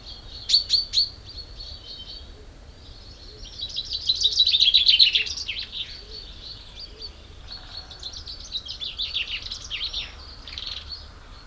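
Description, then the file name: Common chaffinch song: a few trilled phrases, the loudest in the middle, with softer chirps between them. "Fringilla coelebs"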